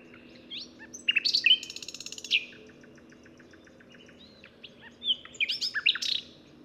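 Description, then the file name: Common nightingale song: loud notes and a rapid run of repeated notes, quieter notes, a pause, then loud sweeping whistles and chirps. "Luscinia megarhynchos"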